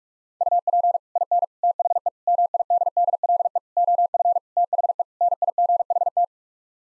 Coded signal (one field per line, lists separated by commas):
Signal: Morse code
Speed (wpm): 43 wpm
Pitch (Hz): 700 Hz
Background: none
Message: UP IN THE MIDDLE OF THE NIGHT